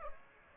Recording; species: mosquito wingbeat signal from an infrared sensor; Aedes aegypti